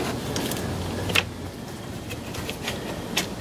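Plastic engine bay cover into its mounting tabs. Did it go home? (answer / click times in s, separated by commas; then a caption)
no / none. A plastic engine bay cover on a BMW E46 M3, with two or three tabs on its bottom edge, is handled and lined up bottom first against its mounting tabs. Soft rustling and brief plastic knocks are heard around 0.4, 1.2 and 3.2 seconds over a low background hum. Nothing has seated or clicked yet.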